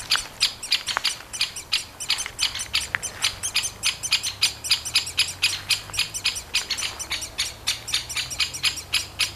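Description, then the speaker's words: Great spotted woodpecker nestlings giving rapid, harsh begging calls, repeated about three to four times a second in a steady, unbroken chorus. Two nestlings calling from a tree cavity. "Onnistuin äänittämään pätkän, jossa kuuluu vaimeasti käpytikan rummuttelua, aikuisen linnun varoitusääniä ja tikanpoikien konsertti."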